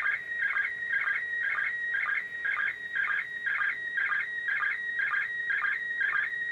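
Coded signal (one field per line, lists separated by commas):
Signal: SSTV (slow-scan television)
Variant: PD120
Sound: rhythmic warbling chirps about twice a second over a steady whistle, with short low blips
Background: radio static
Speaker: coming up in about 10 minutes so we'll record that and see if I can get a better picture this time around on the ISS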